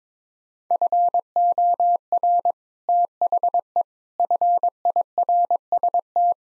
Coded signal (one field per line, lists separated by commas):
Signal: Morse code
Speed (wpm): 22 wpm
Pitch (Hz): 700 Hz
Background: none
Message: FOR THE FIRST